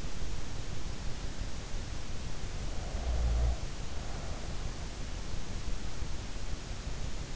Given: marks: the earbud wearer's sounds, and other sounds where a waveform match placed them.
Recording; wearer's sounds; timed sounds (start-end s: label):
sounds in sleep by an in-ear microphone; snoring breath
2.48-4.71 s: snoring breath